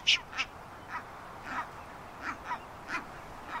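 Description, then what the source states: Brown booby calls: several short, hoarse bursts at irregular intervals, over a steady low background hiss. Very rare in Wisconsin.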